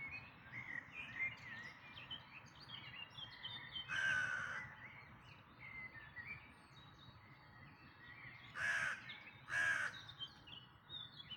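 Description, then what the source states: Birds in a dawn chorus, with three loud harsh caws standing out over continuous high chirping and whistled phrases. Dawn chorus, May 2026.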